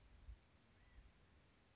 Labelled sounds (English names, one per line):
California Quail